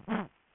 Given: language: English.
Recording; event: throat vibration sensor signal played as sound; throat clearing